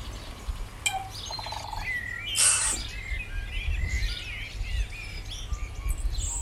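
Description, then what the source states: Birds sing in a dense chorus of chirps and warbles, with a loud harsh burst and a low rumble throughout. Morning.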